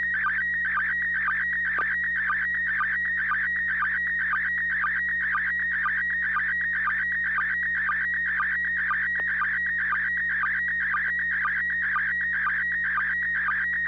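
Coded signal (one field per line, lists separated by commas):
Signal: SSTV (slow-scan television)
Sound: continuous warbling whistling tone with a steady, rhythmic tick about twice a second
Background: low hum, FM radio hiss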